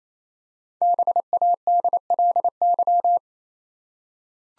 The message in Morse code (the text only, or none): BADLY